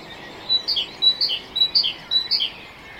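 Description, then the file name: Great tit giving four crisp two-note phrases, each a high note followed by a lower one, roughly every half second, with light background hiss. "Parus major"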